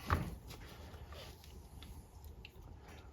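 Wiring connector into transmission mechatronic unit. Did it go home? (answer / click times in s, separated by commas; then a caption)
yes / 0.1 s. A wiring connector is pushed into the mechatronic unit of a ZF 8-speed transmission in a 79 Series during a valve body install. It seats with one sharp click at 0.1 s. After that only a low rumble and a few faint small ticks are heard.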